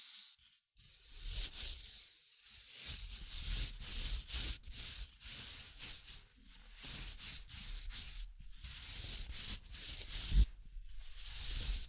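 Scratching and tracing sounds, a dry rubbing texture like sanding that runs in uneven strokes for the whole twelve seconds. The hiss is bright and dense, broken by brief pauses near the start and around eight seconds, with a single sharp tap just past ten seconds.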